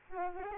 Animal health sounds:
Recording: mosquito wingbeat signal from an infrared sensor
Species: Aedes albopictus

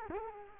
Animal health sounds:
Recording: mosquito wingbeat signal from an infrared sensor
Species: Culex quinquefasciatus

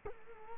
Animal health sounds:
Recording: mosquito wingbeat signal from an infrared sensor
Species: Culex quinquefasciatus

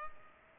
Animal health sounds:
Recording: mosquito wingbeat signal from an infrared sensor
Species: Culex pipiens

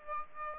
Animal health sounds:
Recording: mosquito wingbeat signal from an infrared sensor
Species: Aedes aegypti

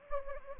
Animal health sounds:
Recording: mosquito wingbeat signal from an infrared sensor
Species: Anopheles gambiae

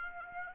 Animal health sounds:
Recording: mosquito wingbeat signal from an infrared sensor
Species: Aedes aegypti

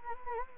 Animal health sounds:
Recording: mosquito wingbeat signal from an infrared sensor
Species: Anopheles gambiae

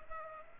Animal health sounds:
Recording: mosquito wingbeat signal from an infrared sensor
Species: Culex pipiens

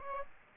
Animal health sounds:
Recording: mosquito wingbeat signal from an infrared sensor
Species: Aedes aegypti

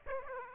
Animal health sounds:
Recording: mosquito wingbeat signal from an infrared sensor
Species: Aedes aegypti

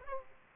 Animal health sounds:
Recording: mosquito wingbeat signal from an infrared sensor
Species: Aedes aegypti

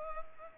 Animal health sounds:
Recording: mosquito wingbeat signal from an infrared sensor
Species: Culex pipiens

